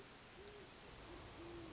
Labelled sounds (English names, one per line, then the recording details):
Great Horned Owl
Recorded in Sonoma County, California